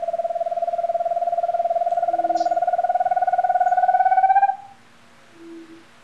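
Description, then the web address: Giant antpitta song, a long rapid run of hollow notes rising gently in pitch before stopping abruptly, with soft low hoots in the background. Recorded in Ecuador. "S America Birds of Ecuador. Giant Antpitta"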